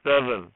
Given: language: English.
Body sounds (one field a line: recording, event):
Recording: throat vibration sensor signal played as sound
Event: speech